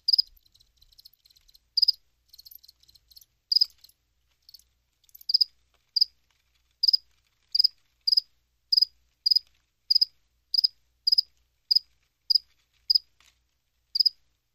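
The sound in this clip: Cricket chirps: high pulsed notes, uneven and clustered at first, then settling into a steady series about every 0.6 seconds, against silence.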